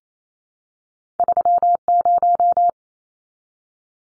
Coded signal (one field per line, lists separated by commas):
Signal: Morse code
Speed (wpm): 28 wpm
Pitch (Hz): 700 Hz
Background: none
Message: 30